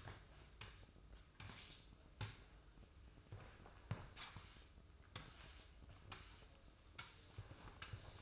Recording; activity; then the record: daily activity, microphone in the room; sweep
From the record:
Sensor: 2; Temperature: 24.2 degrees Celsius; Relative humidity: 31.4%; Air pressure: 995.8 hPa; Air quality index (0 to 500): 93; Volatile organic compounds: 5 ppm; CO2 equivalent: 1716 ppm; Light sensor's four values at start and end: 25/80/32/31 and 24/73/29/28